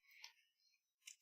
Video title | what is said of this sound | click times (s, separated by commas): Jose Rodriguez Sunday Live Stream 1-12-2020! | Pop this in like so. Snap it in place. You heard that click? That click. | 1.1 s